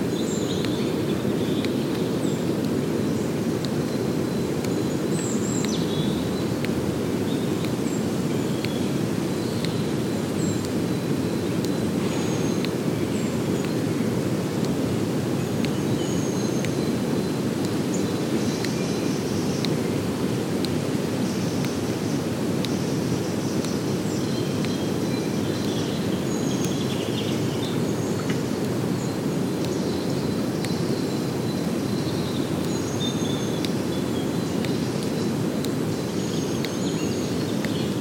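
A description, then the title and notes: A woodland soundscape dominated by a steady, dense low rumble that holds evenly for the whole clip. Above it, faint bird chirps and short whistles come and go every few seconds, thin and high, with scattered light clicks. Accompanied by the sound of a ticking clock, created by breaking the twigs of trees killed by climate change. A soundscape of ancient woodlands, recorded throughout the year. Accompanied by the sound of a ticking clock, created by breaking the twigs of trees.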